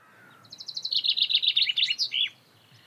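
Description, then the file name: Common chaffinch song: a descending trill of bright notes ending in a final flourish, lasting under two seconds. "Fringilla coelebs"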